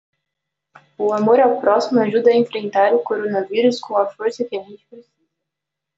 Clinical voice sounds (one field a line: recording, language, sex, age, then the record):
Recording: spoken sentence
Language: Brazilian Portuguese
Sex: female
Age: 20 to 29 years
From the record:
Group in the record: control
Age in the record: 23 years